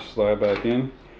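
A hot-swap drive tray is handled at the drive bay of a Rosewill RSV-L4412 4U rackmount server chassis, about to be slid back in and latched. Someone talks through most of the clip over a faint low background, with no distinct click. Nothing has seated or clicked yet.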